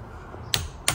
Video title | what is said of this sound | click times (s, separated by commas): Tesla Model Y / 3 with Cybertruck Steering Wheel! | you hear that once it clicks and you're done | 0.5 s